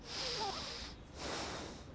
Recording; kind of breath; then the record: one breath in and out by a microphone near the nose and mouth; deep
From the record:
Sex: male